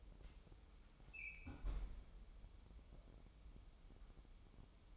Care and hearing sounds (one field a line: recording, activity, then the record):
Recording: daily activity, microphone in the room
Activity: close fridge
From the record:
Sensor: 1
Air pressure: 988.4 hPa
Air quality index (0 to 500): 198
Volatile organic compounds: 1000 ppm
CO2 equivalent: 5282 ppm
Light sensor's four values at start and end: 26/97/36/38 and 26/97/36/38